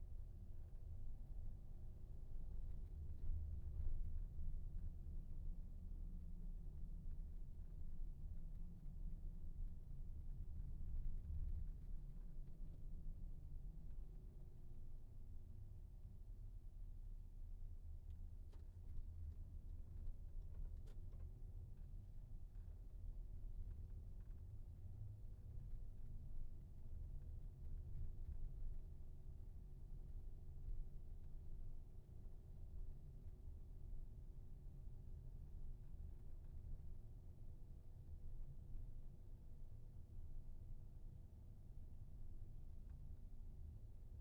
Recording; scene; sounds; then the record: everyday scene through a hearing-aid microphone; in a vehicle; engine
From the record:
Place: VW T5 Caravelle, diesel engine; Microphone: behind the ear, right, rear